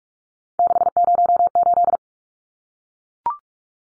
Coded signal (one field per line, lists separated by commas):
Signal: Morse code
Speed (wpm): 44 wpm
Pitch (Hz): 700 Hz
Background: none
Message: 608